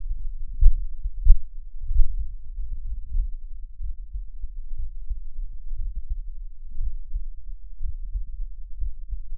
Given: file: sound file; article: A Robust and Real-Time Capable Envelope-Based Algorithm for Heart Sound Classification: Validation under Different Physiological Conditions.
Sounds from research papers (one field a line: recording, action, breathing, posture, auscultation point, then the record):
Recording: heart sounds by electronic stethoscope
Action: rest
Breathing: normal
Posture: lying on back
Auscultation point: Erb’s point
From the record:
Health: healthy, no known heart disease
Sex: male